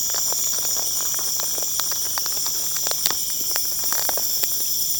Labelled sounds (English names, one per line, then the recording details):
none
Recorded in pastures near Puerto Asís, Putumayo, Colombia, on 23 June 2025 at 21:00
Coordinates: 0.496, -76.326
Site GP01